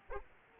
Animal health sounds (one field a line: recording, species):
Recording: mosquito wingbeat signal from an infrared sensor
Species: Aedes aegypti